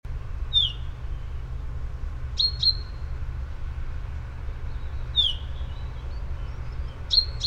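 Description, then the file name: Common chaffinch calling: high downward chirps alternating with quick paired notes, about four bursts in all, with low steady background noise. "Fringilla coelebs"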